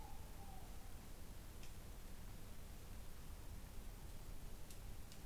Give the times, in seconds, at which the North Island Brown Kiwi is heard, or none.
none